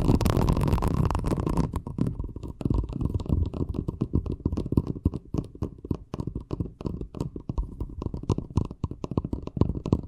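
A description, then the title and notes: Fast tapping runs through the whole ten seconds as a dense stream of quick, sharp hits with a dull, low body and some crisp top. The opening two seconds are thicker and rumbling, then the taps separate into rapid, slightly uneven strikes that keep going steadily to the end. ASMR Braingasm Inducing Fast Tapping (No Talking).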